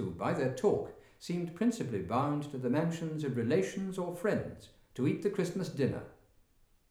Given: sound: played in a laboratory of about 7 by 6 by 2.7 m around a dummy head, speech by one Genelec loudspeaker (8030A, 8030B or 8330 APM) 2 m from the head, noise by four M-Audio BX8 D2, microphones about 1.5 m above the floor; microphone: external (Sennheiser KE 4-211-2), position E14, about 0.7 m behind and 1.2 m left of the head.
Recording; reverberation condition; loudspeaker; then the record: male speech in English; medium; 150 degrees to the left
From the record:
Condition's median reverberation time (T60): about 510 ms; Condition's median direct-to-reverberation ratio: about -0.5 dB